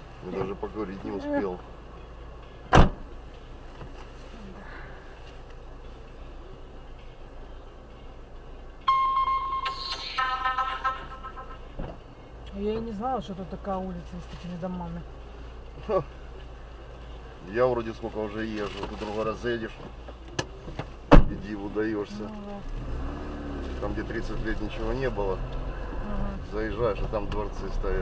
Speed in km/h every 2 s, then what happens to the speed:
0, 0, 0, 0, 0, 0, 0, 0, 0, 0, 0, 3, 10, 12.
0-21 standing. 21-28 pulls away to 12.